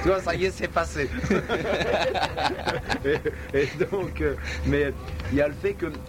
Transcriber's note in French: rires